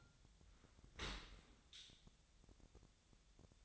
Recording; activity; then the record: daily activity, microphone in the room; open dishwasher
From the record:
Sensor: 3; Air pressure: 1006.7 hPa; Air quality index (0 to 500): 207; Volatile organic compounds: 19 ppm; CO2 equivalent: 2645 ppm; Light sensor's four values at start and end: 10/24/10/10 and 10/24/10/10